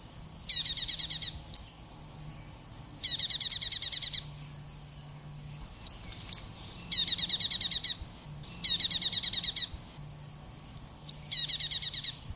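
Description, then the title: Dark-necked tailorbird song: rapid trills of many high, buzzy notes lasting about a second, given every few seconds, with sharp single chip notes between. Nominate subspecies atrogularis. "prenjk gnung. Dark-necked Tailorbird (Orthotomus atrogularis atrogularis)"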